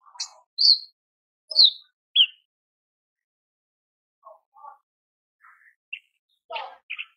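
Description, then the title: Horsfield's bush lark song of varied high chirps and short buzzy notes, given in quick bursts with pauses, ending in a cluster of scratchy notes. Masteran song used to train cage birds, described as super gacor (very lively and persistent). "MASTERAN KICAUAN BRANJANGAN SUPER GACOR"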